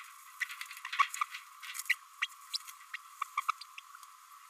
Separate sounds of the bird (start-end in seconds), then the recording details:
0.41-0.44, 0.98-1.03, 1.89-1.94, 2.22-2.27, 2.94-2.96, 3.21-3.24, 3.37-3.40, 3.48-3.50. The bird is a female. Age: 27 days. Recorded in a nest box in Venezuela. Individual 17B32A5